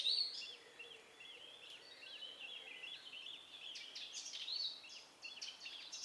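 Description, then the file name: Eurasian blackcap warbling, a steady stream of short slurred notes repeated quickly, with a few sharper high notes near the end, against a soft hiss. "Sylvia atricapilla"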